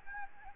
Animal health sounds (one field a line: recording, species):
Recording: mosquito wingbeat signal from an infrared sensor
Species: Aedes albopictus